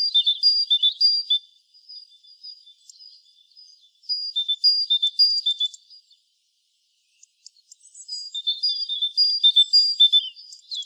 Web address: SETE Parus major